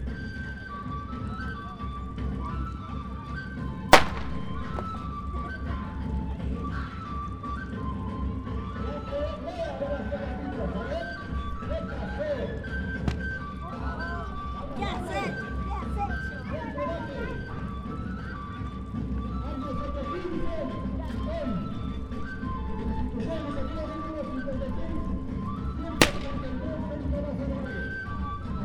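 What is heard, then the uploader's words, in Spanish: A town plaza near Cusco, filled with a steady murmur of voices and a constant low rumble, likely from traffic. Speech and calls drift in and out throughout, and two sharp knocks ring out, one near the start and one near the end. Plaza de Layo-Canas- Cusco Oct 2019 by Alejandro Cornejo Montibeller.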